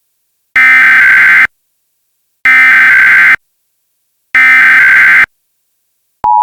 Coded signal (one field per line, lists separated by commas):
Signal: Emergency Alert System (SAME) tones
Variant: header bursts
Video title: (HEADPHONE WARNING) EAS Mini scenario: Back to back test fails?